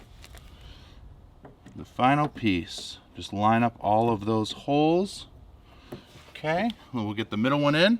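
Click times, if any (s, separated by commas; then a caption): none. The final carbon fiber trim piece for a BMW F33 fender vent is lined up with the vent's mounting holes before being pushed in, while someone talks throughout. A few faint handling taps are heard, around 0.2–0.4 s, 1.5–1.8 s and 5.9 s. Nothing has seated or clicked into place yet.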